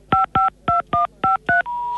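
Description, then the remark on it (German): Telephone keypad tones beeping out a little tune: six short, evenly spaced dual-tone beeps that shift in pitch, followed by a longer steady tone, with no talking. “So, wenn jemand in der Lage wäre, zum Beispiel auf seinem Telefon schöne lustige Melodien zu spielen, dann könnte er hier auch anrufen und müsste dann aber lustige Melodien vorspielen.”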